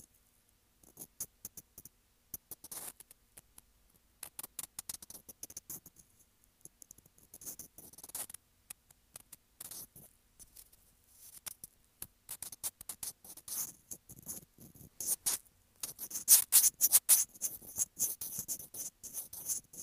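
Scratching on a sensitive microphone, made of dense clusters of short, crisp scrapes and clicks that sit mostly in the bright upper range. Bursts come irregularly with brief quiet gaps, growing louder and busier after about fifteen seconds.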